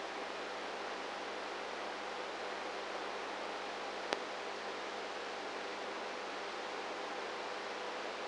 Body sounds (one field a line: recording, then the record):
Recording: brain microelectrode recording played as sound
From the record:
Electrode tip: inside the subthalamic nucleus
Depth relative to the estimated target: -3 mm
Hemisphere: right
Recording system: NeuroSet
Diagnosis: Parkinson's disease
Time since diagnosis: 19 years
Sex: female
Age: 58 years